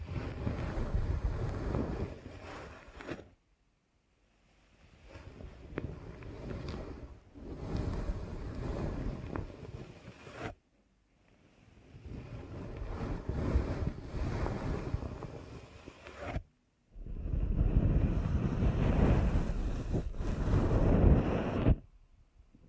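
Deep ear canal massage: dense, muffled rubbing and rumbling that swells and scrapes in long stretches, heaviest in the low end with a rushing, wind-like texture. The sound drops to near silence for brief pauses around 3, 10, 16 and 22 seconds.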